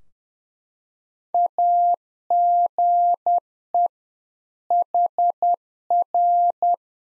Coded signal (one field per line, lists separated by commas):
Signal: Morse code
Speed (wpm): 10 wpm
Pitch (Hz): 700 Hz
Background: none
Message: AGE HR